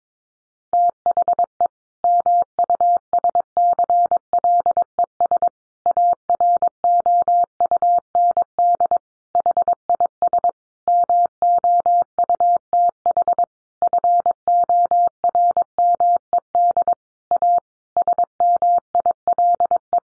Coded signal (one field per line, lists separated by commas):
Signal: Morse code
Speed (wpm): 22 wpm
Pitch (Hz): 700 Hz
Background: none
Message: THE MUSCLES AROUND HIS MOUTH FORMED A SMILE